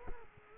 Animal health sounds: mosquito wingbeat signal from an infrared sensor; Culex quinquefasciatus

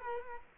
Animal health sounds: mosquito wingbeat signal from an infrared sensor; Culex quinquefasciatus

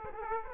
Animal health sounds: mosquito wingbeat signal from an infrared sensor; Aedes aegypti

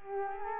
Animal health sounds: mosquito wingbeat signal from an infrared sensor; Culex quinquefasciatus

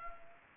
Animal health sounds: mosquito wingbeat signal from an infrared sensor; Culex pipiens

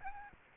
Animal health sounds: mosquito wingbeat signal from an infrared sensor; Aedes albopictus

